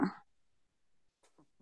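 A single sharp, voiced gulp lasting about a quarter second opens the clip, followed by near silence with a few faint soft sounds. This is a hiccup from an adult man, an involuntary spasm of the diaphragm with sudden closure of the vocal cords.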